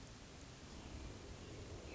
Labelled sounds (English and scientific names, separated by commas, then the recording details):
Hermit Thrush (Catharus guttatus)
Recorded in Sonoma County, California